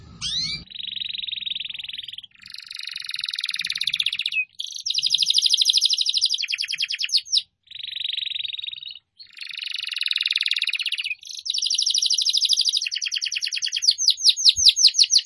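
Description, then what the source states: Atlantic canary singing long buzzy tours alternating with rapid rattling trills and clipped sweeping notes; a brief low thump opens and another falls near the end. Canary song used as a lure to attract birds.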